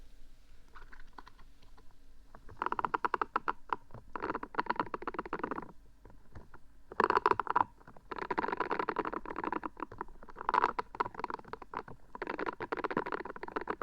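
Odd trigger sounds, likely squishing and tapping on objects like a hollow tube or silicone, come in dense bursts of quick crackly taps and squelches lasting one to two seconds each. Short pauses separate them, and a faint low hum runs underneath throughout.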